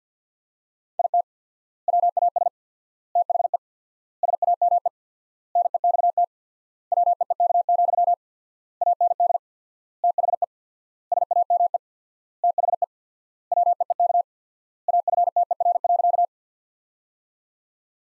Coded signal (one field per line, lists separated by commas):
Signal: Morse code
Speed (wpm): 50 wpm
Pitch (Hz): 700 Hz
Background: none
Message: IT WAS THE SAME NEXT WEEK, AND THE SAME THE WEEK AFTER.